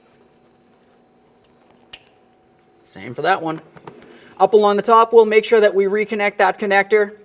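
An ABS sensor wire connector along the top of a 1999-2006 Chevrolet Silverado 1500 steering knuckle is being handled for reconnection to its mating harness connector. A quiet stretch with a faint steady hum is broken by a brief sharp tick at about 1.9 s, then someone talks from about 3 s to the end. The connector is handled but not yet pushed home, and nothing has seated or clicked yet.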